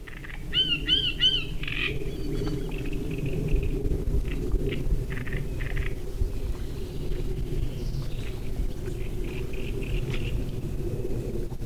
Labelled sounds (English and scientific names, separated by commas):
Great Reed Warbler (Acrocephalus arundinaceus)